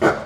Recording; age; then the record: pig call; growing-finishing pig (85 days or more)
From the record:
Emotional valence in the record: positive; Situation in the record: run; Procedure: transit